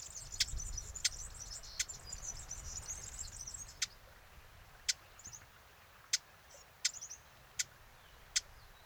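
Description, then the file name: Eurasian blackcap clicking tack calls, repeated, with a high insect trill in the first half, then a quieter background. "Sylvia atricapilla"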